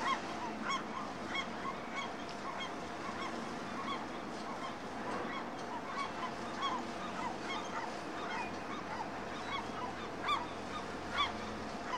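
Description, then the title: Gulls giving a long run of scattered, overlapping crying calls, some louder cries standing out near the end, over a constant rushing background. Seagulls calling overhead at a bustling fishing harbour at dawn. "Harbor Harmony: The Serene Sounds of a Fishing Harbour and Seagulls"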